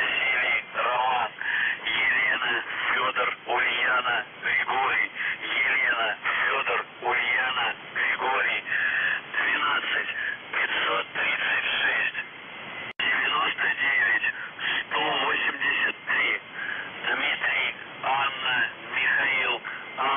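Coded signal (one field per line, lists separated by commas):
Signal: coded military voice message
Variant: UVB-76, Russian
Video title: The Buzzer/UVB-76 Voice Message February 15, 2021 13:22 UTC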